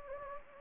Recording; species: mosquito wingbeat signal from an infrared sensor; Anopheles gambiae